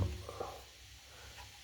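A wired circuit board is handled and lined up just before being locked into an FM200 fire alarm horn/strobe housing. A low steady hum runs under soft, faint handling rustles. Nothing has seated or clicked yet.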